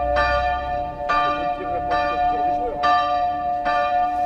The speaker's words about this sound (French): D'une heure, la cloche sonnait. Quelques heures après, la cloche sonnait toujours. Jusqu'à la 11e heure, où enfin la cloche a rendu l'âme, à 10h du soir.